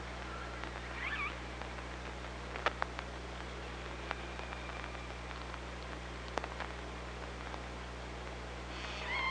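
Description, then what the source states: Killer whale calls, a short wavering harmonic call early and another rising call at the end, separated by clicks and faint tonal traces over steady hum. OrcaLab hydrophone, 24 August 2017.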